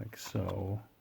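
The plastic back cover of a Zebco 404LE spincast fishing reel is lined up and held against the reel body while someone talks briefly. Nothing has seated or clicked yet; the clip ends before the cover snaps into place.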